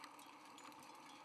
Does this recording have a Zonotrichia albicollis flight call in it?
no